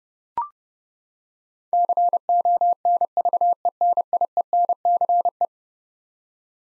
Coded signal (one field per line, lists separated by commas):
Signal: Morse code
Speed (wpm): 30 wpm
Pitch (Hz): 700 Hz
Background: none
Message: CONVENIENCE